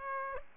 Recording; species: mosquito wingbeat signal from an infrared sensor; Aedes aegypti